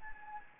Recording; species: mosquito wingbeat signal from an infrared sensor; Anopheles gambiae